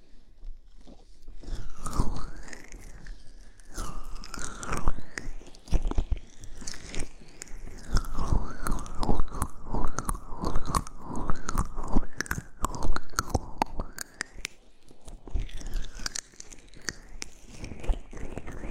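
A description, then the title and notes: Gentle brushing and ear cleaning fill the clip with soft, crackly scratching strokes that come in quick, irregular bursts. The rustle is dense and crisp, rising and falling in loudness, with brief pauses near the start and around fourteen seconds. Massage Gentle Brush Ear Cleaning.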